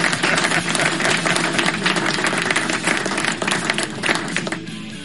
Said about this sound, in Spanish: Aplausos. ¿Dónde están los aplausos por ahí, por favor? Y esas porquerías de aplausos. Creo que hay cuatro gatos ahí aplaudiendo. ¿Dónde están los aplausos de verdad? ¡Aplausos! Ahora sí.